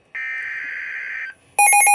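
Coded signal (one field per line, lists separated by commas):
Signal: Emergency Alert System (SAME) tones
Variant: header bursts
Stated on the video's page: Severe thunderstorm warning for Lancaster county received on a Midland WR400 weather radio.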